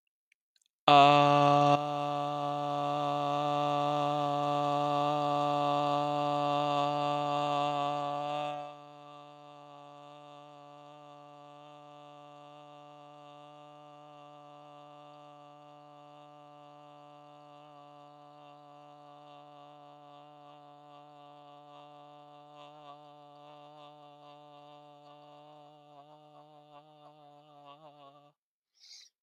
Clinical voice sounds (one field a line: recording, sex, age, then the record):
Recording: vowel held as long as possible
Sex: male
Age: 20 to 29 years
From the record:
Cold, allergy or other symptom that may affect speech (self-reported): no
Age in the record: 27 years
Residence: California, United States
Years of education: 18